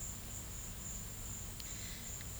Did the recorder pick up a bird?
no